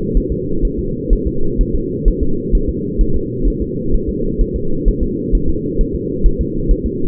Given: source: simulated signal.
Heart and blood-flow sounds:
fetal heart sounds
0.17 s: S1
0.32 s: S2
0.65 s: S1
0.79 s: S2
1.13 s: S1
1.27 s: S2
1.61 s: S1
1.75 s: S2
2.08 s: S1
2.23 s: S2
2.55 s: S1
2.69 s: S2
3.01 s: S1
3.16 s: S2
3.48 s: S1
3.62 s: S2
3.94 s: S1
4.09 s: S2
4.41 s: S1
4.56 s: S2
4.88 s: S1
5.03 s: S2
5.35 s: S1
5.50 s: S2
5.81 s: S1
5.95 s: S2
6.26 s: S1
6.41 s: S2
6.71 s: S1
6.86 s: S2
From the record:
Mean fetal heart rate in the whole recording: 130 bpm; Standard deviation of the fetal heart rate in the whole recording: 4 bpm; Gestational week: 38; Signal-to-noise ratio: -8.1 dB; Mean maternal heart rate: 72 bpm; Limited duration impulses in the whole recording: present

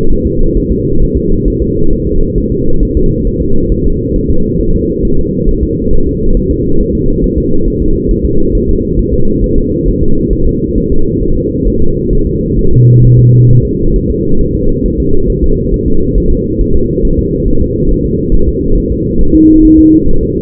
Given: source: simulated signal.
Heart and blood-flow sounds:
fetal heart sounds
0.12 s: S1
0.27 s: S2
0.57 s: S1
0.71 s: S2
1.02 s: S1
1.17 s: S2
1.48 s: S1
1.62 s: S2
1.93 s: S1
2.07 s: S2
2.38 s: S1
2.52 s: S2
2.83 s: S1
2.97 s: S2
3.27 s: S1
3.42 s: S2
3.72 s: S1
3.86 s: S2
4.16 s: S1
4.30 s: S2
4.61 s: S1
4.75 s: S2
5.05 s: S1
5.19 s: S2
5.49 s: S1
5.63 s: S2
5.93 s: S1
6.07 s: S2
6.37 s: S1
6.51 s: S2
6.81 s: S1
6.95 s: S2
7.24 s: S1
7.38 s: S2
7.68 s: S1
7.82 s: S2
8.11 s: S1
8.25 s: S2
8.55 s: S1
8.69 s: S2
8.99 s: S1
9.13 s: S2
9.44 s: S1
9.58 s: S2
9.88 s: S1
10.03 s: S2
10.33 s: S1
10.47 s: S2
10.78 s: S1
10.92 s: S2
11.22 s: S1
11.37 s: S2
11.67 s: S1
11.82 s: S2
12.13 s: S1
12.27 s: S2
12.59 s: S1
12.73 s: S2
13.05 s: S1
13.19 s: S2
13.51 s: S1
13.65 s: S2
13.96 s: S1
14.10 s: S2
14.41 s: S1
14.55 s: S2
14.86 s: S1
15.00 s: S2
15.30 s: S1
15.44 s: S2
15.74 s: S1
15.88 s: S2
16.18 s: S1
16.32 s: S2
16.61 s: S1
16.75 s: S2
17.05 s: S1
17.19 s: S2
17.48 s: S1
17.62 s: S2
17.91 s: S1
18.05 s: S2
18.34 s: S1
18.49 s: S2
18.78 s: S1
18.92 s: S2
19.21 s: S1
19.35 s: S2
19.65 s: S1
19.79 s: S2
20.09 s: S1
20.23 s: S2
From the record:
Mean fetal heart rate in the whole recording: 135 bpm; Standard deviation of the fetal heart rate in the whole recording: 3 bpm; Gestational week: 36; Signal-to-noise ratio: -19.1 dB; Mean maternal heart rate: 72 bpm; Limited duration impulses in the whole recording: present

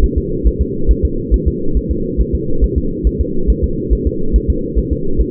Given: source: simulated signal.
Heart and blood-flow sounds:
fetal heart sounds
0.04 s: S1
0.18 s: S2
0.47 s: S1
0.61 s: S2
0.91 s: S1
1.05 s: S2
1.34 s: S1
1.48 s: S2
1.77 s: S1
1.91 s: S2
2.21 s: S1
2.35 s: S2
2.64 s: S1
2.78 s: S2
3.07 s: S1
3.21 s: S2
3.50 s: S1
3.64 s: S2
3.93 s: S1
4.07 s: S2
4.36 s: S1
4.50 s: S2
4.79 s: S1
4.93 s: S2
5.21 s: S1
From the record:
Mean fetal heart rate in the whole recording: 140 bpm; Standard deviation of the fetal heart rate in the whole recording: 2 bpm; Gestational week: 34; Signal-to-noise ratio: -8.1 dB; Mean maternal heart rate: 72 bpm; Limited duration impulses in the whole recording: absent

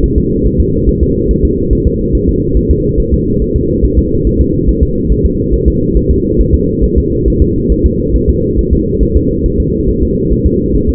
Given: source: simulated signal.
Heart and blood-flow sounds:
fetal heart sounds
0.04 s: S1
0.18 s: S2
0.46 s: S1
0.60 s: S2
0.89 s: S1
1.03 s: S2
1.31 s: S1
1.45 s: S2
1.73 s: S1
1.87 s: S2
2.15 s: S1
2.29 s: S2
2.57 s: S1
2.71 s: S2
3.00 s: S1
3.14 s: S2
3.42 s: S1
3.56 s: S2
3.85 s: S1
3.98 s: S2
4.27 s: S1
4.41 s: S2
4.69 s: S1
4.83 s: S2
5.12 s: S1
5.25 s: S2
5.54 s: S1
5.68 s: S2
5.97 s: S1
6.11 s: S2
6.41 s: S1
6.54 s: S2
6.84 s: S1
6.98 s: S2
7.28 s: S1
7.42 s: S2
7.72 s: S1
7.86 s: S2
8.16 s: S1
8.29 s: S2
8.59 s: S1
8.73 s: S2
9.03 s: S1
9.17 s: S2
9.46 s: S1
9.60 s: S2
9.89 s: S1
10.03 s: S2
10.32 s: S1
10.46 s: S2
10.75 s: S1
10.89 s: S2
From the record:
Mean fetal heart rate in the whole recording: 140 bpm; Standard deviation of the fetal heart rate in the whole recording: 2 bpm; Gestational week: 34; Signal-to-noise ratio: -10.2 dB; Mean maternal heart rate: 72 bpm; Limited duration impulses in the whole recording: present

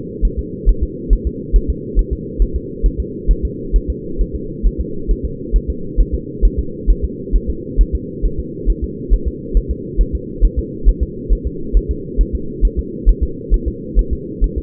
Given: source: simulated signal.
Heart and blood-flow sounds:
fetal heart sounds
0.25 s: S1
0.39 s: S2
0.69 s: S1
0.83 s: S2
1.13 s: S1
1.27 s: S2
1.56 s: S1
1.70 s: S2
1.99 s: S1
2.13 s: S2
2.42 s: S1
2.56 s: S2
2.86 s: S1
3.00 s: S2
3.31 s: S1
3.45 s: S2
3.76 s: S1
3.90 s: S2
4.21 s: S1
4.35 s: S2
4.67 s: S1
4.81 s: S2
5.11 s: S1
5.25 s: S2
5.56 s: S1
5.70 s: S2
6.00 s: S1
6.15 s: S2
6.45 s: S1
6.59 s: S2
6.90 s: S1
7.04 s: S2
7.36 s: S1
7.50 s: S2
7.81 s: S1
7.95 s: S2
8.25 s: S1
8.40 s: S2
8.70 s: S1
8.84 s: S2
9.14 s: S1
9.28 s: S2
9.57 s: S1
9.71 s: S2
10.01 s: S1
10.15 s: S2
10.45 s: S1
10.59 s: S2
10.89 s: S1
11.03 s: S2
11.33 s: S1
11.47 s: S2
11.77 s: S1
11.91 s: S2
12.21 s: S1
12.35 s: S2
12.65 s: S1
12.79 s: S2
13.09 s: S1
13.23 s: S2
13.54 s: S1
13.68 s: S2
13.99 s: S1
14.13 s: S2
14.44 s: S1
14.58 s: S2
From the record:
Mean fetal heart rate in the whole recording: 135 bpm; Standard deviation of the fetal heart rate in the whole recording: 3 bpm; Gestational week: 36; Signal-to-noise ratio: -4.3 dB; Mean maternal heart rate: 72 bpm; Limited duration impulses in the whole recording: absent

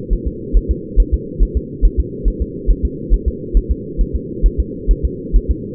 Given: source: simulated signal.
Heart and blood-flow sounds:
fetal heart sounds
0.13 s: S1
0.28 s: S2
0.57 s: S1
0.71 s: S2
1.00 s: S1
1.14 s: S2
1.43 s: S1
1.57 s: S2
1.85 s: S1
2.00 s: S2
2.28 s: S1
2.42 s: S2
2.71 s: S1
2.85 s: S2
3.14 s: S1
3.28 s: S2
3.57 s: S1
3.71 s: S2
4.01 s: S1
4.16 s: S2
4.46 s: S1
4.60 s: S2
4.91 s: S1
5.05 s: S2
5.36 s: S1
5.51 s: S2
From the record:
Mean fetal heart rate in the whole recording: 135 bpm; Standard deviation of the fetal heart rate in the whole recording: 3 bpm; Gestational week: 36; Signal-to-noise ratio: -4.1 dB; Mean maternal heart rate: no maternal heart sound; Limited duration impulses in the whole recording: absent

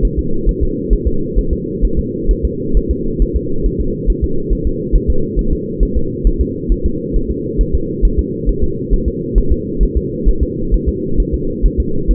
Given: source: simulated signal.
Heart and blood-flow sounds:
fetal heart sounds
0.05 s: S1
0.19 s: S2
0.49 s: S1
0.63 s: S2
0.93 s: S1
1.07 s: S2
1.39 s: S1
1.53 s: S2
1.85 s: S1
1.99 s: S2
2.31 s: S1
2.45 s: S2
2.77 s: S1
2.91 s: S2
3.22 s: S1
3.36 s: S2
3.66 s: S1
3.81 s: S2
4.10 s: S1
4.24 s: S2
4.53 s: S1
4.67 s: S2
4.96 s: S1
5.10 s: S2
5.39 s: S1
5.53 s: S2
5.83 s: S1
5.97 s: S2
6.27 s: S1
6.41 s: S2
6.72 s: S1
6.86 s: S2
7.16 s: S1
7.31 s: S2
7.61 s: S1
7.75 s: S2
8.05 s: S1
8.19 s: S2
8.49 s: S1
8.63 s: S2
8.94 s: S1
9.08 s: S2
9.38 s: S1
9.52 s: S2
9.83 s: S1
9.97 s: S2
10.29 s: S1
10.43 s: S2
10.74 s: S1
10.88 s: S2
11.20 s: S1
11.34 s: S2
11.66 s: S1
11.80 s: S2
12.11 s: S1
From the record:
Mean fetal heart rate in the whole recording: 135 bpm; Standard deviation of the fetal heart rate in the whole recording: 3 bpm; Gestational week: 36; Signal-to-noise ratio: -8.1 dB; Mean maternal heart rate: 72 bpm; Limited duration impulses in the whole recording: absent

